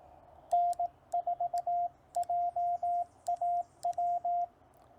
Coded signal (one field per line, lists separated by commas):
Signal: Morse code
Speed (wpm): 18 wpm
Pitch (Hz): 700 Hz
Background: radio noise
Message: N4JAW